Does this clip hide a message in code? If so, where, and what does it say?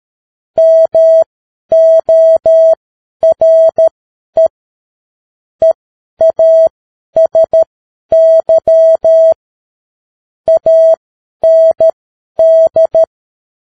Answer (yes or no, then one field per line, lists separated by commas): yes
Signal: Morse code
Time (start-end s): 0.6-13.0 s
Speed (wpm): 13 wpm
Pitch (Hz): 650 Hz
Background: none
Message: MORE EASY AND